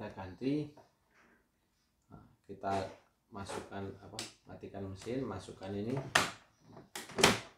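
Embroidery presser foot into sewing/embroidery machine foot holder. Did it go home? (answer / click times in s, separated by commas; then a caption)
yes / 7.2 s. With a CNY E960 multifunction sewing and embroidery machine switched off, someone talks while inserting the special embroidery presser foot into the machine's foot holder. A sharp snap is heard at 7.2 s as the foot seats into place.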